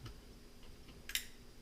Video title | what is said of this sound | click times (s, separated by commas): How to install Lorex NVR hard drive | So when you hear that click, you're golden. | 1.1 s